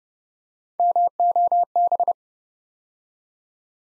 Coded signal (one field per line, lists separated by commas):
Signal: Morse code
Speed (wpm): 30 wpm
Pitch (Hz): 700 Hz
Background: none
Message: MOB